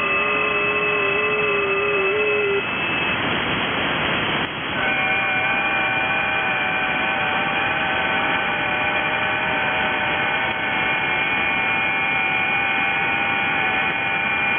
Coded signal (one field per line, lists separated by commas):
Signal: FT8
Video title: 7073T 30m 15th Nov 2023 Socotra Island Yemen 4180 miles (6727 km)